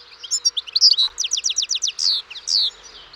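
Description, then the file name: European goldfinch song: a fast, continuous run of bright tinkling and slurred twittering notes, lively and varied throughout. "Carduelis carduelis"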